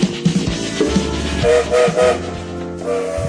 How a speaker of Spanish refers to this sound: Buenas noches, sonó el silbato, este tren no se detiene en día feriado